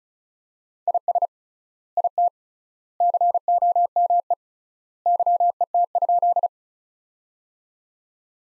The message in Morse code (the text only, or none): IS IT COME YET?